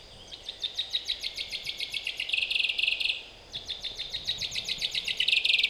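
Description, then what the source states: Common chaffinch singing two songs back to back, each a rapid run of sharp repeated notes that grows louder, with a short pause between them. Recorded at Glashütte, Germany, on 5 June 2015.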